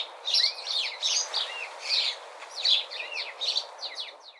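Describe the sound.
Sparrow chirping, sharp high twittering notes and brief slurred calls in irregular clusters, over a light background hiss.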